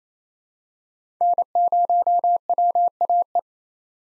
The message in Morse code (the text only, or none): N0WAE